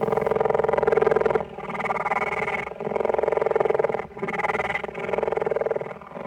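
A leopard in a zoo cage growls in a long, rough rumble, broken into four or five throaty bursts with short pauses between them, loud and steady throughout.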